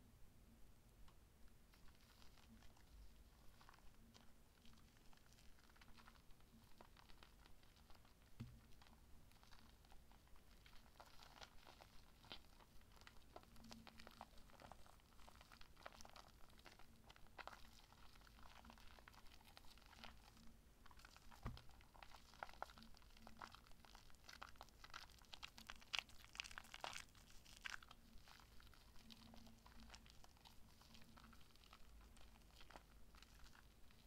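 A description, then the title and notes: Shaving gel being worked in, with dense crackling and squishing bursts that come steadily throughout and over a faint low hum. Super TINGLY Shaving Gel.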